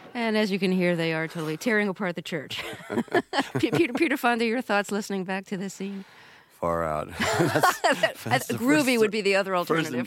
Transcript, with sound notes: And as you can hear, they are totally tearing apart the church.
(LAUGHTER)
Peter Fonda, your thoughts listening back to this scene?
Far-out.
(LAUGHTER)
That's...
Groovy would be the other alternative.